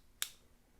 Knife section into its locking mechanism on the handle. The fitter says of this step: um but this locks in place